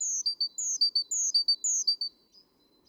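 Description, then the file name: Great tit song, a quick run of ringing three-note phrases, high note then two lower ones, about four repeats before fading to quiet. "Parus major"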